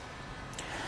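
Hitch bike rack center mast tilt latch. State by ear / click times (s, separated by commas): seated / 0.6 s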